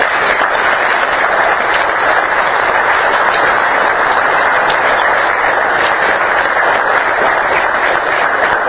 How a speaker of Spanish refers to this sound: Esto, que en primer lugar quiero darle, darle un saludo a la parte colaboradora, en primer lugar a la buena disposición que tuvo el municipio, quiero un fuerte aplauso para ellos porque...